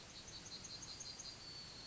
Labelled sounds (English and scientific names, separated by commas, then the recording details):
Yellowhammer (Emberiza citrinella) song
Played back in forest
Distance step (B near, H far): F
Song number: 137